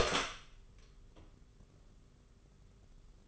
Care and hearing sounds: daily activity, microphone in the room; open door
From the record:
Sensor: 4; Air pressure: 991.2 hPa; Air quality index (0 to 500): 134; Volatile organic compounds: 48 ppm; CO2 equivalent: 3265 ppm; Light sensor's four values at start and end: 9/21/8/9 and 14/34/13/15

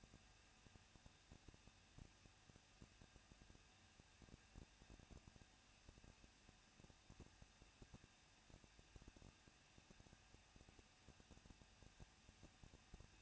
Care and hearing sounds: daily activity, microphone in the room; no activity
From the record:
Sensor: 2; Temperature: 21.0 degrees Celsius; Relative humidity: 37.3%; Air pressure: 1006.5 hPa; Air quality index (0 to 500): 220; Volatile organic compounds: 23 ppm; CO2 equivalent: 2770 ppm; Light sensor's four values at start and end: 2/3/2/2 and 2/3/2/2

